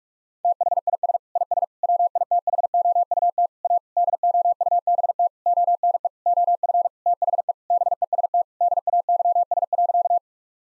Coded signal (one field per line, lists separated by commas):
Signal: Morse code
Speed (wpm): 46 wpm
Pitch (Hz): 700 Hz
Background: none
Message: THIS IS WITHOUT A DOUBT ONE OF THE BEST DAYS.